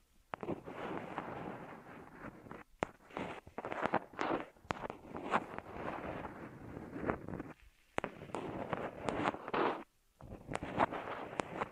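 Ear massage sounds: dense, rustling friction that swells and fades in long strokes, broken by sharp clicks and taps. Brief near-silent gaps fall around the 2.7, 4.6 and 10-second marks, and the rubbing resumes after each.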